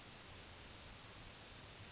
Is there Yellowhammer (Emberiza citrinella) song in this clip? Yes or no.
no